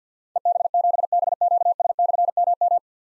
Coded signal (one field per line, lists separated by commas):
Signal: Morse code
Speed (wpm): 52 wpm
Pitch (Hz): 700 Hz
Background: none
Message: EB7BQS/MM